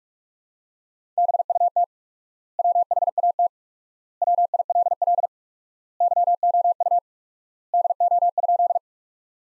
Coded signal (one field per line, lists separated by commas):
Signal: Morse code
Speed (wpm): 46 wpm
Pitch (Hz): 700 Hz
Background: none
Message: BUT WHAT WILL YOU DO?